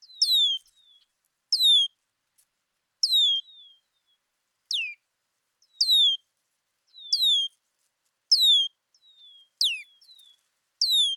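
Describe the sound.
Red-winged blackbird repeating steep downslurred whistles roughly every second and a quarter, with faint thin notes between.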